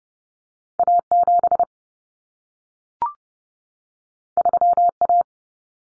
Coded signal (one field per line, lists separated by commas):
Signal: Morse code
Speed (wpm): 30 wpm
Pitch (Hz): 700 Hz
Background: none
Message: A7 3A